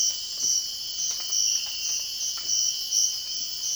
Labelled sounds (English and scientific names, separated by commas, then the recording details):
none
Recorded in dense forest near Puerto Asís, Putumayo, Colombia, on 13 March 2025 at 05:30
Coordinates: 0.481, -76.323
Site G088